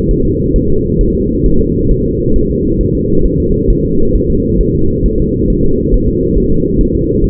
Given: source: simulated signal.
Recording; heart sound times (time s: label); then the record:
fetal heart sounds
0.11 s: S1
0.25 s: S2
0.56 s: S1
0.70 s: S2
1.01 s: S1
1.15 s: S2
1.46 s: S1
1.61 s: S2
1.91 s: S1
2.06 s: S2
2.36 s: S1
2.50 s: S2
2.81 s: S1
2.95 s: S2
3.25 s: S1
3.40 s: S2
3.70 s: S1
3.85 s: S2
4.16 s: S1
4.30 s: S2
4.61 s: S1
4.75 s: S2
5.06 s: S1
5.20 s: S2
5.50 s: S1
5.64 s: S2
5.94 s: S1
6.08 s: S2
6.38 s: S1
6.52 s: S2
6.81 s: S1
6.95 s: S2
7.24 s: S1
From the record:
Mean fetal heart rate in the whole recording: 135 bpm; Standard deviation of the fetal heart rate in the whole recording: 3 bpm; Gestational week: 36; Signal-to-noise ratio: -16.4 dB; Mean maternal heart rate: 72 bpm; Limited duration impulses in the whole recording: present